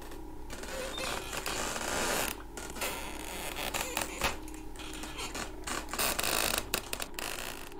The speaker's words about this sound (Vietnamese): Thì tự nhiên Cái ghế dựa mà bố vẫn hay nằm xem tivi, không có ai ngồi, cũng không có cái gì tác động vào. Nó bắt đầu đưa qua đưa lại, nghiến xuống nền đất, vặn vẹo phát ra những âm thanh cọt cả cọt kẹt.